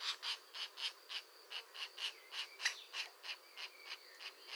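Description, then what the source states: European green woodpecker, a fast, steady series of short harsh notes, several a second, with faint notes in between and a thin constant high tone. A pair active at the nest.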